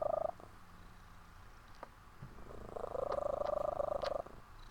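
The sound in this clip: Cat: kitten purr, a brief burst then a longer throbbing phrase, with occasional light clicks in between.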